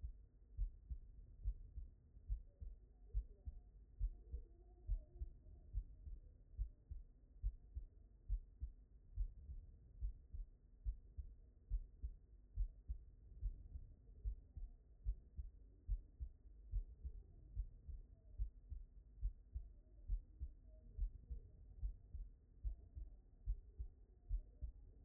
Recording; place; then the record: heart sounds by stethoscope; aortic valve (AV)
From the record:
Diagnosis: non-HFrEF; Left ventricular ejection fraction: 67%